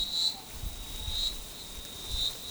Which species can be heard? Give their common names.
none